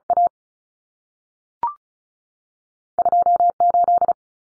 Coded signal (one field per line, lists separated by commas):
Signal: Morse code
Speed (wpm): 36 wpm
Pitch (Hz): 700 Hz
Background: none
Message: A 2 8